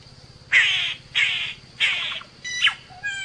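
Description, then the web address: Solitary cacique giving three harsh, nasal, caw-like notes at regular intervals, followed by a few thinner, higher whistled notes; steady low hum underneath. "sound Solitary-cacique. صدای-پرنده-کاسکین-تکزی"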